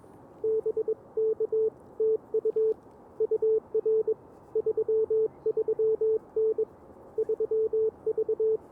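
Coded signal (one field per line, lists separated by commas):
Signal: Morse code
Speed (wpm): 22 wpm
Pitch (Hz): 440 Hz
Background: none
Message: BK TU UR 33N 3V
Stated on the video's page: CW Parks on the Air activation on an Elecraft KX2 with AX-1 antenna at 1 watt, later 5 watts.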